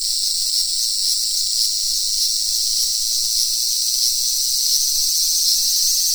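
Continuous shrill cicada buzzing, slightly wavering in intensity with faint pulses.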